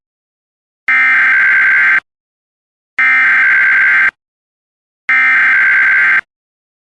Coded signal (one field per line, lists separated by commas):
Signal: Emergency Alert System (SAME) tones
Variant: header bursts